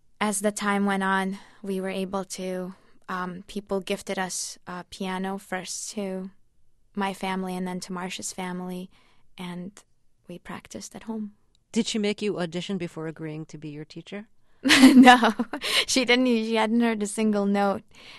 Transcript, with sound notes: as the time went on, we were able to - people gifted us a piano, first to my family and then to Marcia's family, and we practiced at home.
Did she make you audition before agreeing to be your teacher?
(LAUGHTER)
No, she didn't. She had heard a single note.